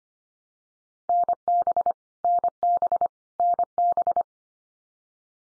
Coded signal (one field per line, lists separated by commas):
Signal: Morse code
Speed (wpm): 25 wpm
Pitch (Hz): 700 Hz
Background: none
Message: NB NB NB